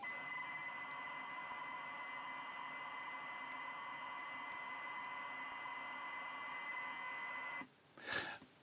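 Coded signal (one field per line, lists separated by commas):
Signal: ZX Spectrum tape loading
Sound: steady buzzy lead tone for about 7.5 seconds, then a short harsh burst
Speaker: The familiar loading noise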